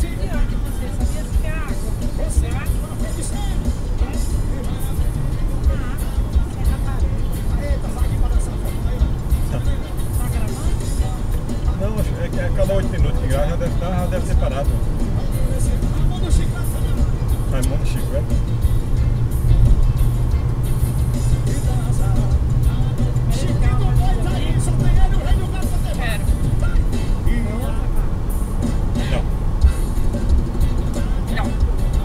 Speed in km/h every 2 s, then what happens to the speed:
89, 92, 95, 98, 102, 105, 107, 109, 112, 115, 118, 120, 121, 122, 123, 124.
0-20 speeds up to 118. 20-32 steady at about 121.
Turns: none.